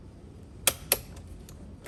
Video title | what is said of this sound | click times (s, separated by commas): CT4/CT5 V Blackwing Carbon Fiber Steering Wheel Install | heard the two clicks just to confirm it there you go all right so now we are torqued | 0.7 s, 0.9 s